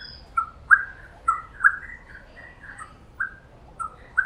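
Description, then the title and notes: Wren song of short, clear whistled notes, some sliding up or down, delivered in a loose, bouncy series. "Cucarachero by Kellyn Parra Garcia"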